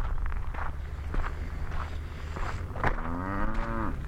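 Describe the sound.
Cattle lowing: a single moo near the end, with footsteps and a low rumble.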